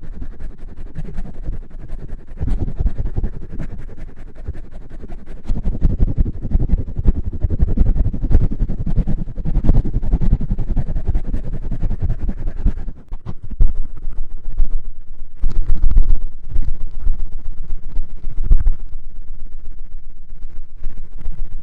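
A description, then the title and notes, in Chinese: Microphone rubbing fills the recording with dense, uneven scraping and thumping, heaviest in the low end. The rustle continues without pause, swelling around the middle, with a brief drop near 13 seconds followed by sharper, louder bumps and knocks toward the end. 麦克风摩擦。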